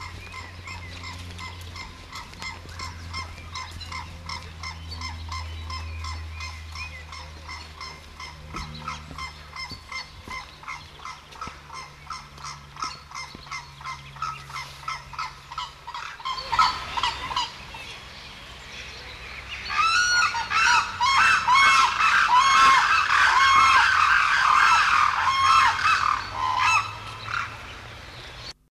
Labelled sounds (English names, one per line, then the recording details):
Hooded Crane call
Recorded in captivity
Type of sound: call
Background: Anthropoides virgo
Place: Vogelpark Walsrode, Niedersachsen, DE
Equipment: Halbspur, 9,5 cm/s
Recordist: Lütgens, Hans
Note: Erst einer, dann mit Jungfernkranich. Walsrode, April 1979